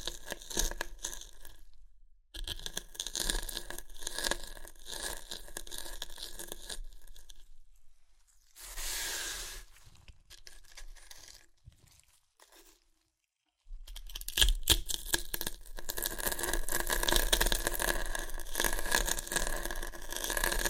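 Crunchy chips being crushed and eaten, in dense bursts of crackling with brief silent gaps near 2 seconds, 7 seconds and 13 seconds. A short rustling swell comes around 9 seconds. The loudest, brightest crunching packs the last third, from about 14 seconds to the end.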